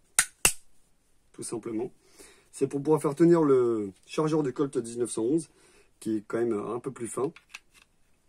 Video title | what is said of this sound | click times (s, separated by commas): chargette uplula 9mm parabellum et 45 ACP | on a cette petite chose en plus qui vient se rajouter, qui vient se clipser en fait en bas. | 0.2 s, 0.5 s